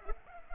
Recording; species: mosquito wingbeat signal from an infrared sensor; Culex pipiens